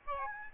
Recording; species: mosquito wingbeat signal from an infrared sensor; Aedes albopictus